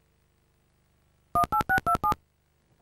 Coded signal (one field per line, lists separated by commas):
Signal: DTMF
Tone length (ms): 100 ms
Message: 18627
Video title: Dial Tone: (The Rugrats Movie) (CIC Video) (VHS UK)